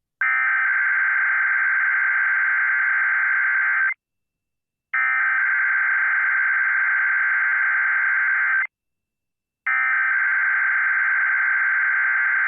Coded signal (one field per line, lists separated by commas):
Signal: Emergency Alert System (SAME) tones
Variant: header bursts